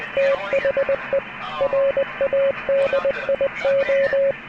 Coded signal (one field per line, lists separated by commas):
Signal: Morse code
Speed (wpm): 20 wpm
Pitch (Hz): 550 Hz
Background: radio noise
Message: THE RADIO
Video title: HF Band Conditions 08/04/2024 #hamradio #radiocommunication #10meters #20meters